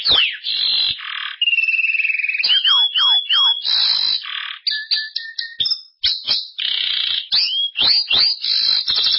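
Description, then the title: Belgian canary with a long varied song mixing rolling trills, slurred downward whistles and sharp clipped notes, phrases changing every second or two. "Canario Belga"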